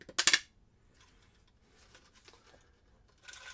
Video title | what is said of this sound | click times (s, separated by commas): Lomography Belair X 6-12 Camera Film Loading | give kind of pinch both sides so you hear it click | 0.2 s